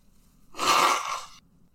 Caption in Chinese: 你现在在擤鼻涕吗？对啊，可是我有离麦克风远一点。 那个声音会比较刺耳一点。